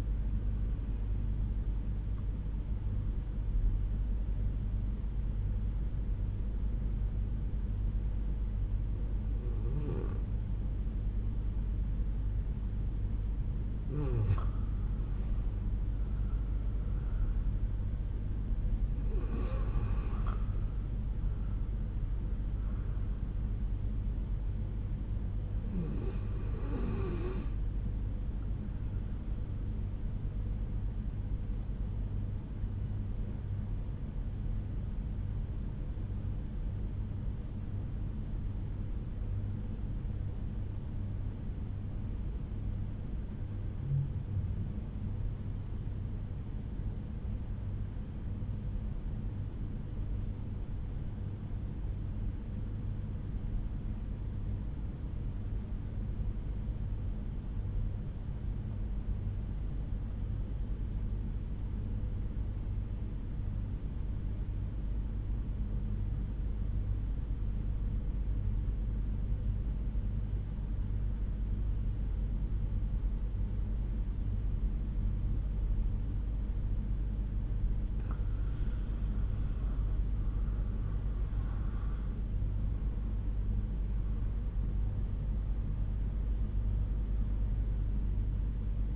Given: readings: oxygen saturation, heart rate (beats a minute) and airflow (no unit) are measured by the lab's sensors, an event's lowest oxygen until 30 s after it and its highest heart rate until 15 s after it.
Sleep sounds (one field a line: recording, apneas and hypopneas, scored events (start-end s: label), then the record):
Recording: breathing in sleep by a smartphone at the bedside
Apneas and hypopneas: 2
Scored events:
4.00-14.90 s: obstructive apnea (REM, oxygen 96% highest, then 91% lowest, heart rate 65 at the start, 74 highest)
32.00-75.80 s: obstructive apnea (REM, oxygen 95% highest, then 74% lowest, heart rate 67 at the start, 83 highest)
From the record:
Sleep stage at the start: REM sleep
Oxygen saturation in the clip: 80 to 96%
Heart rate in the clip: 64 to 83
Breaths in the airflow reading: 7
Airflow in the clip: -8.6 to 8.2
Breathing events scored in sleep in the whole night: 368 in 8.0 hours asleep